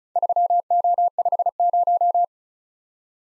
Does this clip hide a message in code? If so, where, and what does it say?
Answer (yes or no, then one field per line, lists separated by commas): yes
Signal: Morse code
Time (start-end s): 0.2-2.2 s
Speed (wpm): 36 wpm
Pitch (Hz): 700 Hz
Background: none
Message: 3O50